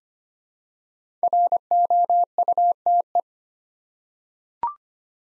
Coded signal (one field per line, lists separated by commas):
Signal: Morse code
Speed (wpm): 25 wpm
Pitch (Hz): 700 Hz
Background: none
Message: ROUTE